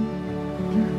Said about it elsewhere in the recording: Also voices a single word. Go. A long time to practice vocalizing that. Sometimes I wasn't able to articulate it as clear because I can't hear the sound of my own voice. It was really an honest deaf voice that was depicted.